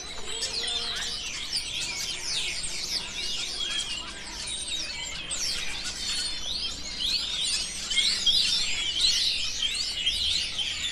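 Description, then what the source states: Bird chorus of busy, overlapping high chirps and twitters, rapid sweeping notes without pause, several birds calling together over a faint low background noise. Birds recorded in a city.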